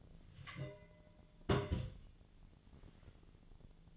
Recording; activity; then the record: daily activity, microphone in the room; place on stove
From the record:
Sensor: 4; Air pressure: 1010.8 hPa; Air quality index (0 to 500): 169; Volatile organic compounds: 5 ppm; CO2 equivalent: 1722 ppm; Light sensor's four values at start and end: 38/110/44/45 and 39/111/44/45